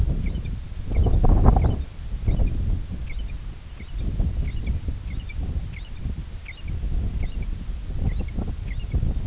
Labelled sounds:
American Golden-plover (Pluvialis dominica), unidentified sound
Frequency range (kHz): American Golden-plover (Pluvialis dominica) 1.8-4.5 kHz
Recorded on Arctic tundra, site IGLO-D, on 24 June 2018
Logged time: 10:00

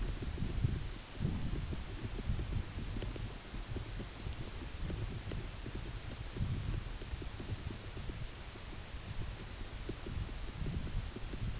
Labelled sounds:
none
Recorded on Arctic tundra, site UTQI-8, on 14 June 2019
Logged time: 10:00

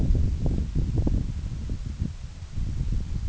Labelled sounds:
none
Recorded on Arctic tundra, site NAIT-1, on 26 June 2019
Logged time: 12:00

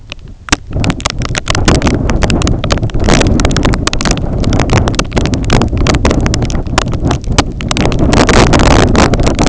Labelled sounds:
none
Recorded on Arctic tundra, site IGLO-A, on 20 June 2018
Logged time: 21:59

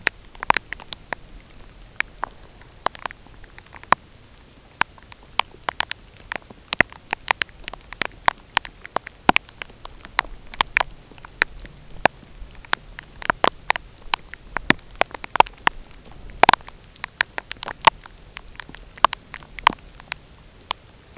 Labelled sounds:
none
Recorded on Arctic tundra, site UTQI-0, on 13 June 2019
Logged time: 10:00

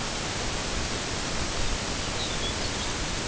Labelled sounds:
Lapland Longspur (Calcarius lapponicus)
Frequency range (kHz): Lapland Longspur (Calcarius lapponicus) 2.5-5.5 kHz
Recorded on Arctic tundra, site NAIT-1, on 22 June 2018
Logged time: 15:00

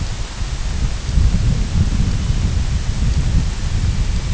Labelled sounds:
Red-throated Loon (Gavia stellata), unidentified sound
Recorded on Arctic tundra, site IGLO-F, on 22 June 2018
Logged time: 02:00

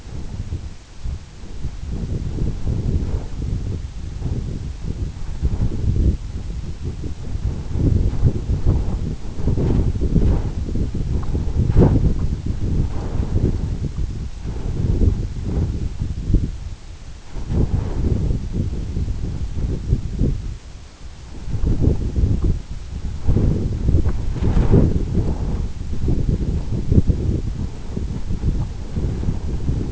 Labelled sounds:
none
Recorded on Arctic tundra, site EABA-1, on 26 June 2018
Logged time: 00:00

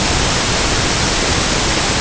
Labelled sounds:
none
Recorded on Arctic tundra, site UTQI-5, on 21 June 2018
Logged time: 06:00

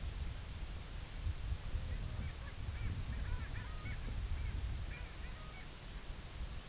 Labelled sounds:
Long-tailed Duck (Clangula hyemalis)
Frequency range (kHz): Long-tailed Duck (Clangula hyemalis) 0.1-3.0 kHz
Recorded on Arctic tundra, site IGLO-A, on 21 June 2018
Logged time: 15:59

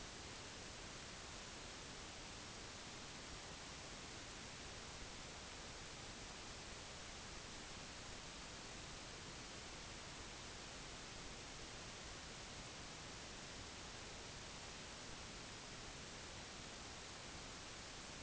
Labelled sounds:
none
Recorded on Arctic tundra, site NAIT-1, on 25 June 2019
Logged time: 10:00

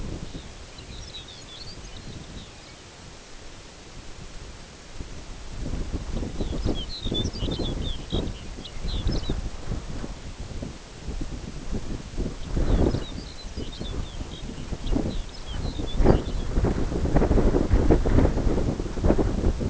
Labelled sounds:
Lapland Longspur (Calcarius lapponicus)
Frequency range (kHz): Lapland Longspur (Calcarius lapponicus) 1.9-7.2 kHz
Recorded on Arctic tundra, site NAIT-1, on 22 June 2018
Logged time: 13:00

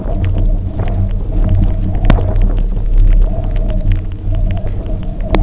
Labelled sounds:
none
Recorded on Arctic tundra, site UTQI-0, on 27 June 2018
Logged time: 00:00

